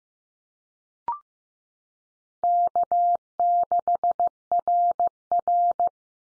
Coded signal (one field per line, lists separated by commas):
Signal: Morse code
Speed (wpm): 15 wpm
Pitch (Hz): 700 Hz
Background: none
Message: K6RR